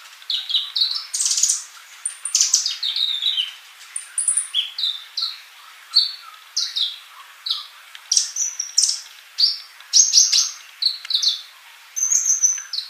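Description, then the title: Bird song, a varied run of high chirps, trills and whistled notes, some rising and some falling, continuing throughout. "Kicau Burung"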